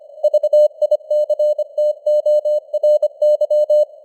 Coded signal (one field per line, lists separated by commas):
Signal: Morse code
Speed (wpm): 25 wpm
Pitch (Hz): 600 Hz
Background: none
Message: VICTORY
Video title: Morse Code News | 2025-12-03 | 25wpm